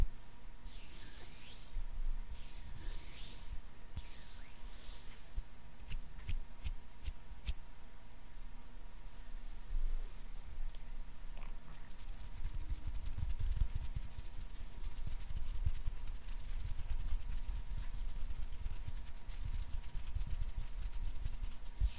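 Hand sounds with bright rubbing swishes in the first five seconds, then rapid crisp taps and a dense low rumbling, over a steady faint hum.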